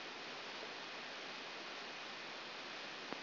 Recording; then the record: brain microelectrode recording played as sound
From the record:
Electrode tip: outside the subthalamic nucleus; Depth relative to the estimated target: -8 mm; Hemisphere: right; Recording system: AlphaMap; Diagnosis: Parkinson's disease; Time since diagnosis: 12 years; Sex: female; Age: 47 years